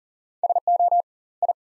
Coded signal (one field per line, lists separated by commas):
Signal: Morse code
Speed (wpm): 40 wpm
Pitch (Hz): 700 Hz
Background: none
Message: SO I